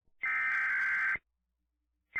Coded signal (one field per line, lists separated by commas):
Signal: Emergency Alert System (SAME) tones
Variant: header bursts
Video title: Emergency Alert System - Human Minority (S1EP3)